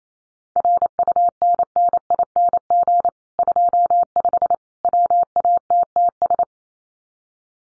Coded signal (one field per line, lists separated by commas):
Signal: Morse code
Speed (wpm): 28 wpm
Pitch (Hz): 700 Hz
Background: none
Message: RUNNING 25 WATTS